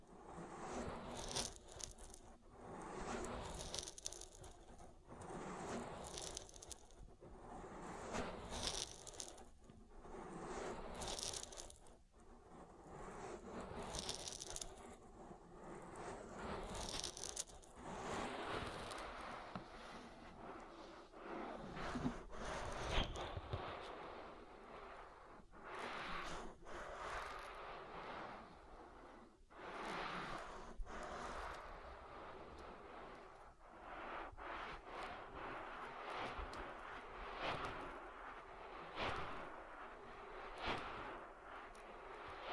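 An oil ear massage fills the clip with dense, squishy rubbing and crackling strokes, uneven and constant, with sharper slick bursts throughout.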